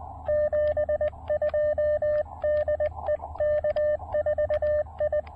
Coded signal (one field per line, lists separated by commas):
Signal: Morse code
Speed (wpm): 20 wpm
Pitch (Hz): 600 Hz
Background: radio noise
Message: 72 DE K4I